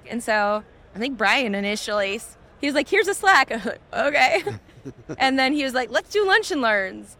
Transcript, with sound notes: And so, I think Brian, initially, is -- he was like, "Here's a Slack." I'm like, [chuckles] "Okay." [chuckles] And then he was like, "Let's do lunch and learns."